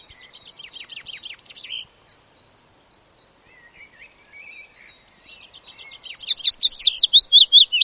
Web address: willow warbler